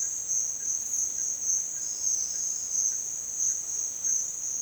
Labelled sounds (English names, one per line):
none